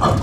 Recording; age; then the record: pig call; growing-finishing pig (85 days or more)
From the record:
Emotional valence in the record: positive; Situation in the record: run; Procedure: transit